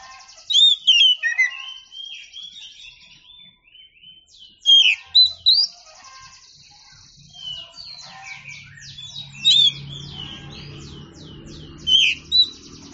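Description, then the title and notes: Oriental magpie-robin song of loud, sharp whistled notes and scratchy twitters in repeated bursts, with a low hum in the second half. Champion (juara) singing bird. "Kicau Burung Kacer Juara. Suara Kicauan Burung Kacer Juara"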